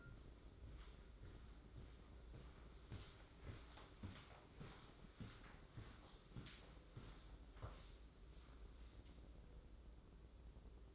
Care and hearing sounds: daily activity, microphone in the room; walk to room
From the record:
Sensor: 3

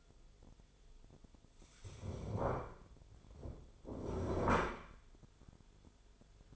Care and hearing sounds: daily activity, microphone in the room; stand up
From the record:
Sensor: 5

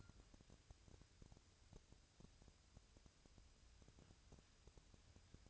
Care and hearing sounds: daily activity, microphone in the room; wipe stove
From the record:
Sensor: 2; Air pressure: 1001.4 hPa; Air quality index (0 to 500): 227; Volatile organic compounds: 25 ppm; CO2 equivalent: 2843 ppm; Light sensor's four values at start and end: 7/26/10/9 and 7/26/10/9

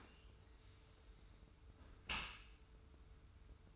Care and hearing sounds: daily activity, microphone in the room; close dishwasher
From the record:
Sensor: 2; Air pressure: 991.2 hPa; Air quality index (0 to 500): 143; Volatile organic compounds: 297 ppm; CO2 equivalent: 4474 ppm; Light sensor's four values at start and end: 40/116/46/44 and 40/116/46/44

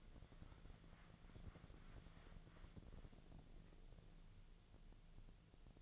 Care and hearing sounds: daily activity, microphone in the room; wipe stove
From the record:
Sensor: 4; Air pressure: 1001.4 hPa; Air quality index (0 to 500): 185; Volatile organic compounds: 3 ppm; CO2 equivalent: 1322 ppm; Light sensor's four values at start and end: 13/29/12/12 and 13/29/12/12

